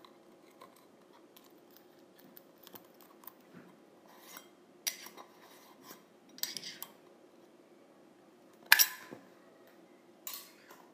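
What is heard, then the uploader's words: A tin container's lid is handled: light metallic clicks and short scraping rubs come every second or so, bunching up around the five- and seven-second marks. A sharp, bright clack lands near nine seconds, over a steady low hum. ASMR Lid of a Tin Container.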